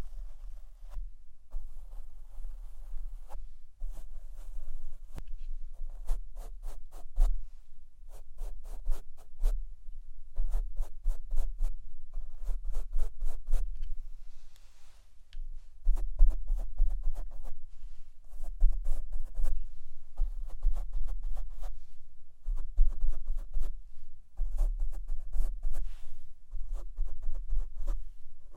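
Microphone handling: clusters of quick, sharp taps arrive every second or two, sometimes in rapid bursts of several hits. A deep thumping rumble runs underneath throughout, and soft rustling brushes fill the gaps, one longer scrape around the middle.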